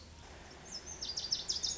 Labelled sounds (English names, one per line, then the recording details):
Lazuli Bunting
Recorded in Sonoma County, California